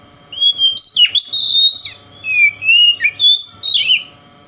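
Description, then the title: Oriental magpie-robin singing a rich, rapid medley of sliding whistles and buzzy notes in several quick phrases. "Kacer Konslet Bikin Kacer Lain"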